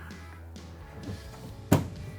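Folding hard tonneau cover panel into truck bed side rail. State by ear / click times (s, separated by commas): seated / 1.7 s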